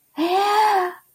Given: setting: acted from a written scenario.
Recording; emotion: vocal sound without words; elation